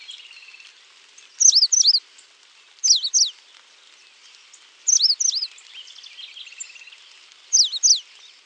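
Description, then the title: Coal-crested finch song of quick high looping notes in short bursts, four phrases spaced throughout, with soft thin trilling calls heard faintly in the background. "LuckyPassaro Completos2Sama. Coal-crested Finch (Charitospiza eucosma)"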